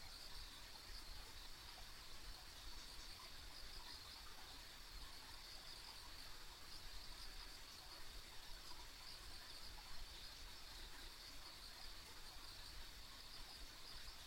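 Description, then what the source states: Insects chirring in a steady chorus, a continuous high shimmering band over a low rumbling background hum. Ambient insect sounds recorded on a country road.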